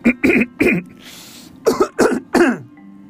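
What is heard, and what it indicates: Six short, voiced coughs from an adult man come in two quick runs of three, separated by a brief pause. Each burst is harsh with a hoarse tone, and together they form a brief coughing fit that interrupts his speech.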